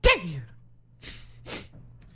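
An adult woman gives one sudden explosive sneeze with a brief voiced tail, followed by two soft breathy hisses; an allergy sneeze brought on by the changing of the weather.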